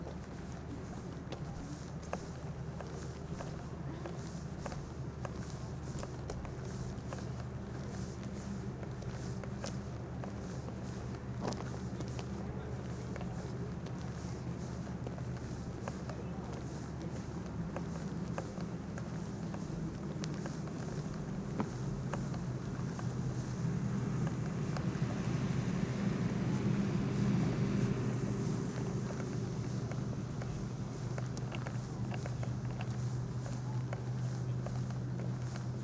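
A night walk across the Glastonbury festival grounds, under a constant low rumble with scattered short ticks and crunches like footsteps and faint voices. From about twenty-two seconds a deeper, humming drone swells and holds steady to the end.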